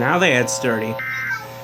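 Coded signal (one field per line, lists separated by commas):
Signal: Emergency Alert System (SAME) tones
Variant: end-of-message bursts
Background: speech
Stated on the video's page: NOAA weather radio transmitter on 162.475 MHz, Rockford, Illinois; two issuances.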